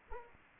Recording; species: mosquito wingbeat signal from an infrared sensor; Anopheles arabiensis